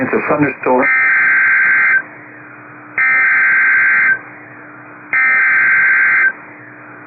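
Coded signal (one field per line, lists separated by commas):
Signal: Emergency Alert System (SAME) tones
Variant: header bursts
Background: speech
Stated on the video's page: Severe thunderstorm warning from NOAA Weather Radio transmitter in Madison, WI.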